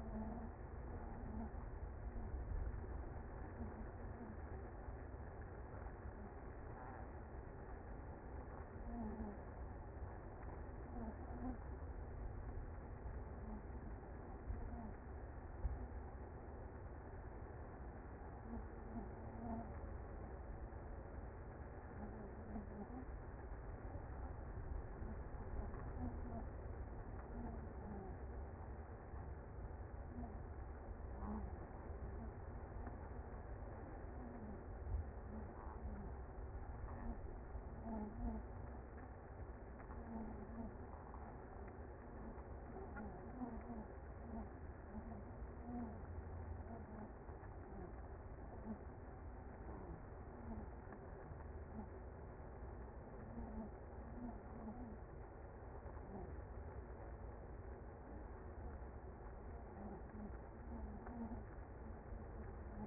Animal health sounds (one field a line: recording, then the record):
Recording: honeybee colony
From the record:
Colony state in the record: active